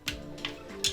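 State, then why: Torque reached. A click torque wrench tightens a clutch pressure plate bolt to 11 ft-lb in step one of the install on a Nissan 370Z or Infiniti G37. Two short ticks at 0.1 s and 0.5 s are followed by the wrench's sharper, brighter click at 0.8 s as it breaks at its setting, confirming the torque is reached.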